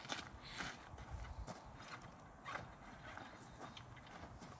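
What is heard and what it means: The wheel hold-down ratchet arm on an OUTFITR/YOUNG hitch-mounted e-bike rack is worked down over the bike's wheel, giving a series of short, sharp ratcheting clicks and rattles, the loudest near the start. Nothing has seated or clicked home yet.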